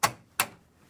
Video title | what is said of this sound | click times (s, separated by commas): Makerspace Embroidery Tutorial | Snaps right in. | 0.4 s